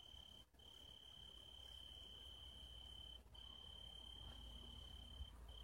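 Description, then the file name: Italian tree cricket song: a sustained pure trill held steady for long stretches, broken by brief gaps, over a low background rumble. "Oecanthus pellucens Radzikowski Pawel"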